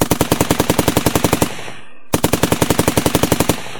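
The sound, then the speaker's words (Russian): Two long bursts of rapid fire from a Tommy submachine gun, steady sharp cracks about ten per second, separated by a brief near-silent gap of roughly half a second; loud and with no voices. The gun is thrust through a small window and sprays bullets across the whole inside of a room. “Напомнив мне черно-белые кадры старых кинохроник времен Великой нашей войны, Джай, прижавшись к стене спиной, всунул в оконце Томми, похожий на родной ППШ, и прочесал пулями все внутреннее пространство помещения.”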